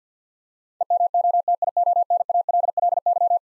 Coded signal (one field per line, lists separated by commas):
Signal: Morse code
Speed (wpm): 46 wpm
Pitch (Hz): 700 Hz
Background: none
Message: EMOTIONALLY